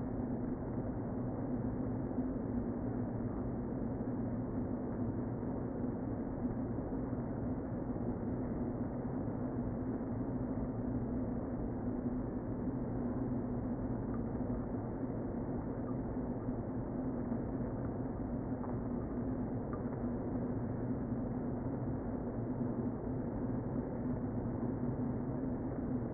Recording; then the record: honeybee colony, microphone inside the hive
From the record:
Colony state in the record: queen present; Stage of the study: before two queens were removed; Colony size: about 60,000 bees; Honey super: yes